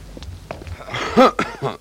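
Someone walking along the Scheldekai past a lady gives a short run of three harsh, loud coughs in quick succession, the first one rough and voiced, after a moment of faint, soft tapping sounds.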